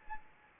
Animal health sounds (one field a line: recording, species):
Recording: mosquito wingbeat signal from an infrared sensor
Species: Anopheles gambiae